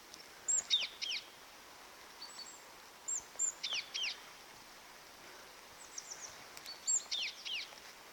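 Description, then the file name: Great tit calling, short high forked notes in small clusters of two or three, repeated several times, over steady background hiss. "Parus major"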